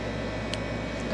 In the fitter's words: There's the click.